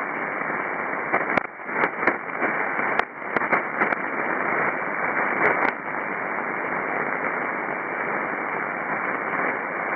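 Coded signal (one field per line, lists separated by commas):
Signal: ACARS aircraft data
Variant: HFDL (ACARS over HF)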